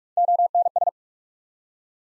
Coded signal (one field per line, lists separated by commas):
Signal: Morse code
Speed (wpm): 44 wpm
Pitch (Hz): 700 Hz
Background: none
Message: ONS